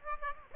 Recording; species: mosquito wingbeat signal from an infrared sensor; Aedes aegypti